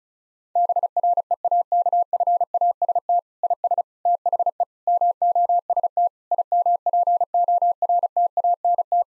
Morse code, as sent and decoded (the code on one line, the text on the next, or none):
-... .-. . .- -.- ..-. .- ... - / .. ... / - .... . / -- --- ... - / .. -- .--. --- .-. - .- -. -
BREAKFAST IS THE MOST IMPORTANT